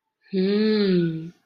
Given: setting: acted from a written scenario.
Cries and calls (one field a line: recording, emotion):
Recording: vocal sound without words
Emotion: desire